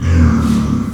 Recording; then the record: squeal of a Yucatan mini pig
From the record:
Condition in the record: after surgery on the right vocal fold (resection and tissue-engineered implant); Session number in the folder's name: 16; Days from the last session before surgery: 183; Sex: female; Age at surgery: 19 weeks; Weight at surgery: 25 kg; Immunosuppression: prednisolone